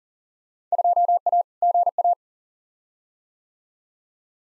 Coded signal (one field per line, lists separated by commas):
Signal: Morse code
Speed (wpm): 40 wpm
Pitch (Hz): 700 Hz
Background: none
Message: 2A GA